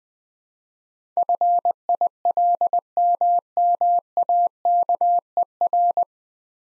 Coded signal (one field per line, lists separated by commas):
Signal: Morse code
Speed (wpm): 20 wpm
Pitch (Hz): 700 Hz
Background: none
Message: FILMMAKER